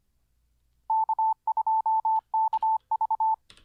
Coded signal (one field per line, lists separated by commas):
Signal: Morse code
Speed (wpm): 25 wpm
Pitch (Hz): 880 Hz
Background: none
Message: K2KV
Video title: How To Learn Morse Code LIVE with N0SSC (Day 23)